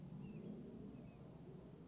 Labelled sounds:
Western Flycatcher

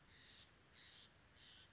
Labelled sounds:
Steller's Jay

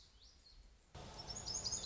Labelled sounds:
Lazuli Bunting

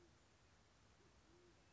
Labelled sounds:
Band-tailed Pigeon

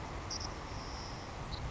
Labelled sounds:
Savannah Sparrow

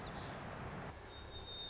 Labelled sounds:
White-crowned Sparrow

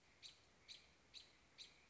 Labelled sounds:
American Robin

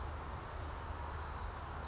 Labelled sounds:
Western Flycatcher

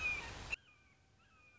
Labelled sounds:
Red-shouldered Hawk

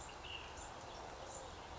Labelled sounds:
Ash-throated Flycatcher

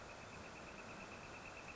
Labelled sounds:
Northern Flicker

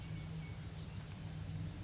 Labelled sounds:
California Towhee

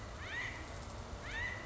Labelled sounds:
California Quail

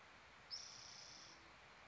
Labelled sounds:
Spotted Towhee

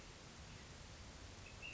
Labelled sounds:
Ash-throated Flycatcher

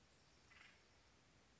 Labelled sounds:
Acorn Woodpecker

